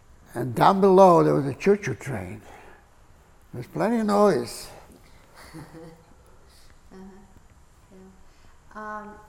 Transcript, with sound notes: And down below, there was a choo-choo train. There was plenty of noise.
[chuckles] Uh-huh, yeah.